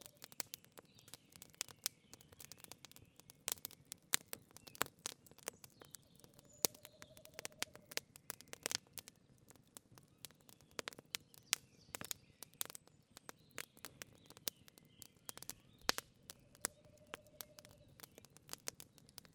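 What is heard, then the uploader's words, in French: A wood fire burns in a forest, popping and crackling with sharp, irregular snaps scattered throughout over a low, steady rustle. A soft whistling call rises and falls twice, around seven and again near seventeen seconds. Feu de bois en forêt. Sur un chemin forestier d'une forêt des Vosges. En arrière-plan le doux roucoulement d'une Chouette hulotte (Strix aluco), chant de proximité du mâle près de la femelle. Doucement le feu se consume en crépitant.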